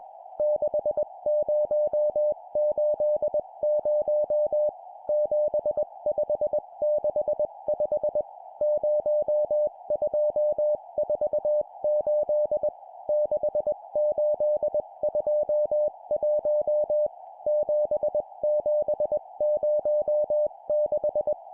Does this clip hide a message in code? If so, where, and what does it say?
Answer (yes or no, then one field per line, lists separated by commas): yes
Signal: Morse code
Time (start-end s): 0.4-21.3 s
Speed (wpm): 21 wpm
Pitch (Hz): 600 Hz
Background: music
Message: 6080 7565 0248 6821 7706